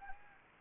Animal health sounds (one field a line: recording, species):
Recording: mosquito wingbeat signal from an infrared sensor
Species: Anopheles gambiae